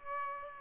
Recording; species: mosquito wingbeat signal from an infrared sensor; Aedes aegypti